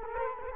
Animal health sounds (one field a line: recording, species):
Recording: mosquito wingbeat signal from an infrared sensor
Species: Culex quinquefasciatus